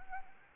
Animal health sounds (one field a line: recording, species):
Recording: mosquito wingbeat signal from an infrared sensor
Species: Anopheles arabiensis